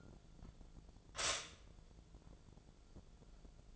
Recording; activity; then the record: daily activity, microphone in the room; stop toaster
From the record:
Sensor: 5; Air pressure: 1000.3 hPa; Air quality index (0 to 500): 133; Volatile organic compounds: 2 ppm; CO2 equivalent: 1049 ppm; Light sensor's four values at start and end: 78/182/78/84 and 78/181/77/83